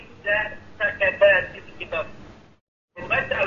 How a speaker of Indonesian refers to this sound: Mohon maaf, volume televisi Ibu dikecilkan dulu karena suaranya masuk ke telepon.